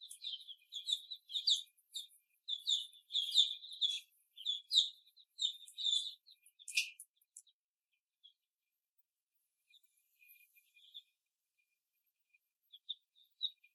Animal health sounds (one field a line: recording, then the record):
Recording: young laying hens in a cage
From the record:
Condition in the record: after the stressor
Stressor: simulated dog barking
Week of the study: 1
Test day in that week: 2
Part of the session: 4